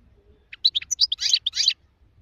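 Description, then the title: European goldfinch: finch song, a short bright burst of chirps and slurred twittering notes ending in scratchy buzzy elements, lasting about a second. Wild goldfinch; singing, described as the most beautiful song. "اجمل غناءالحسون الخلويchant chardonneret sauvage"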